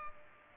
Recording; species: mosquito wingbeat signal from an infrared sensor; Culex pipiens